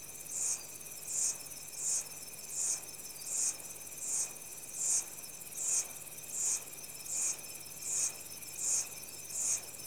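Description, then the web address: Chorus of insects, a piercing rhythmic pulse returning at an even pace over a constant high-pitched hum and lower steady drone. Insects in tropical rainforest, Central African Republic, early evening. "CENTRAL AFRICA REPUBLIC- Insects, early evening, tropical rainforest. Sound Effects Library-30 (Africa- The Natural World)"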